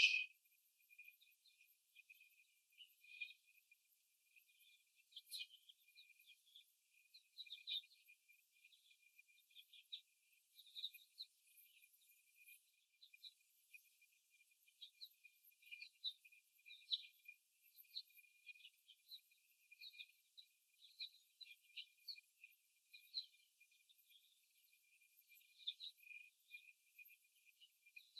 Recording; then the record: young laying hens in a cage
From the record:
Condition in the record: before the stressor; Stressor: simulated dog barking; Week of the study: 1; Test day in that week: 2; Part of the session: 1